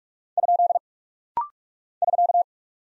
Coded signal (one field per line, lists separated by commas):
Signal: Morse code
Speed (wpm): 42 wpm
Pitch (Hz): 700 Hz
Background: none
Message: ? <SK>